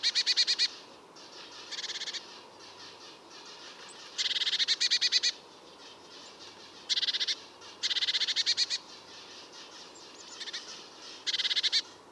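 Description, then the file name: Eurasian blue tit giving quick runs of sharp, high, buzzy notes in separate bursts every second or two, with a soft background hiss throughout. "Cyanistes caeruleus"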